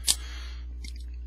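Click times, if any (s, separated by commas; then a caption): 0.1 s. The front car-body sections of a 10-year-old plastic Movie (2007) Deluxe Class Premium Bumblebee transforming figure are pulled out to the side until they lock into their joints. A sharp, loud snap at 0.1 s marks them locking into place, followed by a few faint small clicks near the end over a steady low hum.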